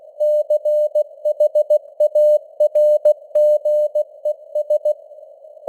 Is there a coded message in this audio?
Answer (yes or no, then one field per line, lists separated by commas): yes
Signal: Morse code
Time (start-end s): 0.2-4.9 s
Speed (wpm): 16 wpm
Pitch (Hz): 600 Hz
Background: none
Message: CHARGES